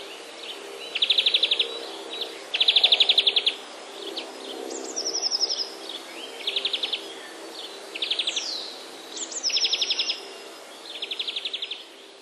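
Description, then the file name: European greenfinch song: fast rattling trills repeated every one to two seconds, interspersed with thin descending whistles and short chirps. Recorded on 24 March 2012. "dzwoniec 24 03 2012"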